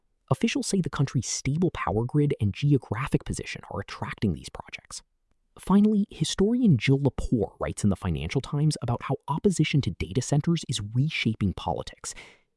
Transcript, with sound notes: Officials say the country’s stable power grid and geographic position are attracting these projects.
[thoughtful] Finally, historian Jill Lepore writes in the Financial Times about how opposition to data centers is reshaping politics.